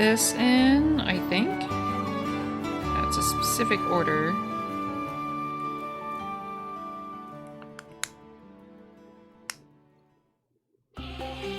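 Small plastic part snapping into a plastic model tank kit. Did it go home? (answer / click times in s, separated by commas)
yes / 8.0 s, 9.5 s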